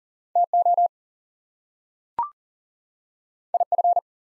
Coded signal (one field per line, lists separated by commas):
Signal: Morse code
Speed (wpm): 40 wpm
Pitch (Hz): 700 Hz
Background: none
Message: TO IF